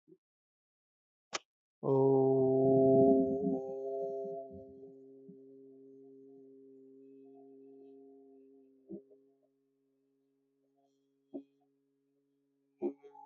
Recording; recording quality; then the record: sustained vowel as in boot; moderate, slight background noise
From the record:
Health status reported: healthy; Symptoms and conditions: none ticked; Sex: male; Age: 32 years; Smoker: not ticked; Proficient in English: yes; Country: India